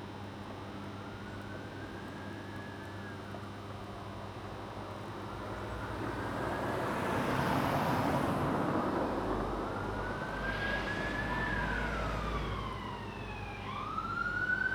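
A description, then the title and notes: Traffic rumbles steadily with an emergency vehicle's siren wailing through it, rising and falling in long sweeps. Around the middle a loud vehicle passes, swelling and fading, and near the end the siren climbs sharply higher. Traffic too, & an emergency vehicle. Friday lunchtime.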